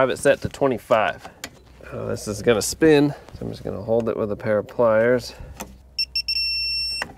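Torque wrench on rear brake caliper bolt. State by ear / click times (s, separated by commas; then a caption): torque reached / 6.2 s. A torque wrench set to 25 tightens a rear brake caliper bolt on a 2007-2010 Mini Cooper while the spinning part is held with a pair of pliers, and someone talks throughout. The wrench gives a sharp double click at its setting, confirmed at 6.2 seconds, followed by a brief high ringing tone.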